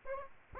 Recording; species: mosquito wingbeat signal from an infrared sensor; Aedes aegypti